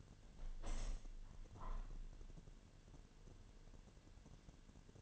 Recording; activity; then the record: daily activity, microphone in the room; open window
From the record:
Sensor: 4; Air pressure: 1007.3 hPa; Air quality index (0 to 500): 196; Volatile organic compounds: 7 ppm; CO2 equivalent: 1953 ppm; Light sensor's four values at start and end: 23/73/28/27 and 23/73/28/27